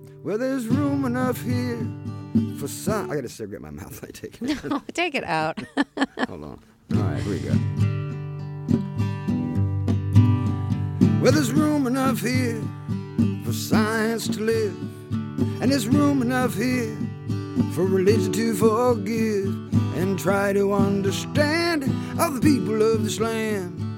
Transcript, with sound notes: Well, there's room enough here for...
I got a cigarette in my mouth. Let me take it out.
Take it out (laughter).
Hold on. All right, here we go. (Playing guitar, singing) Well, there's room enough here for science to live. And there's room enough here for religion to forgive. And try to understand, all the people of this land,